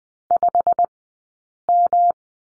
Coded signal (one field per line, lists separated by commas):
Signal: Morse code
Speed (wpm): 20 wpm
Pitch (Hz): 690 Hz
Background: none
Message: 5M